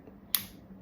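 The second quick-detach lever of a scope mount on a rifle rail comes in, gets tight, and snaps locked onto the rail, giving one sharp, bright click at 0.4 s. The sound drops back to a quiet low hum. The lever is seated and the mount isn't going anywhere.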